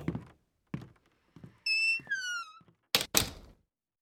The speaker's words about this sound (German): Die Tür geht auf, sie kommen rein, sie wollen unser Kunde sein.